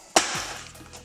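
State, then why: Not seated. The plastic bottom case of an HP Pavilion x360 14-dh0000 laptop is laid back onto the chassis and pressed down by hand. A single sharp knock at about 0.2 s decays into a fading rustle. Nothing has clicked or seated yet.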